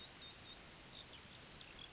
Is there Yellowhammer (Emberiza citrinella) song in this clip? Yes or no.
no